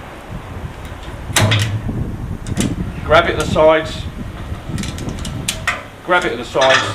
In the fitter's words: release the brake push it all the way up you'll hear it click